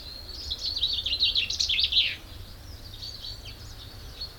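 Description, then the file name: Common chaffinch song: a rapid, cascading trill of bright notes ending in an emphatic flourish, followed by fainter high twittering against steady background noise. "Fringilla coelebs"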